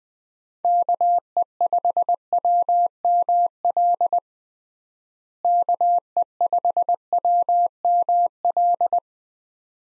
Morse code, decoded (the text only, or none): KE5WML KE5WML